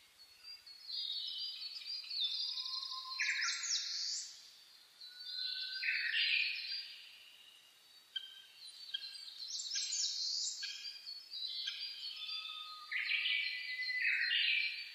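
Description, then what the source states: Dense bird chorus: many high whistled and buzzy phrases overlapping in waves, with brief lulls and a low soft note now and then. Dawn chorus (reimei) of birdsong (saezuri), recorded on 10 May 2010 at 04:01.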